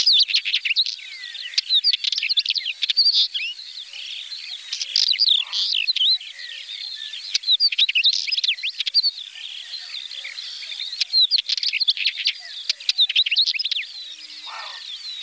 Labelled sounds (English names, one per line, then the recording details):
Northern Wheatear song
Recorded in the wild
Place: Neuenwalde / Cuxhaven, Schleswig-Holstein, DE
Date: 1985-05-22
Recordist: Schwarz, Dieter